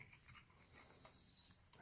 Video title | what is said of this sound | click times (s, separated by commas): Changing board | so that first one is snapped into place and | 1.7 s